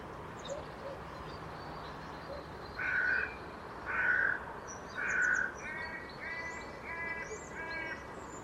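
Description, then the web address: Bird calls: three louder hoarse notes about a second apart, followed by a run of rougher, raspier calls, with faint high twitters in the background. "cianscape. Deverinetal 2025. Bird Only"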